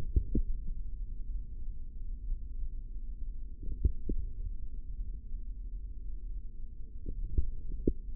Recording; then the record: forearm muscle sounds (acoustic myography)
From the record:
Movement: tripod grip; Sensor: system 3, bracelet of six PUI Audio POM-2738L microphones around the upper forearm, with dedicated amplification and filtering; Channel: 4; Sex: male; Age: 25 years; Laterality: right